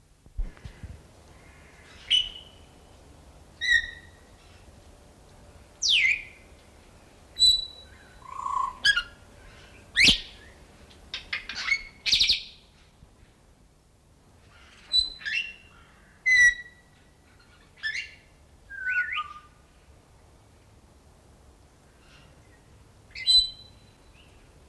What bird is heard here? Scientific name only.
Psittacus erithacus